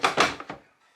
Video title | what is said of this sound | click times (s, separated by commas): Tennis Ball Launcher | i'm going to press down here this slides in snaps into place | 0.1 s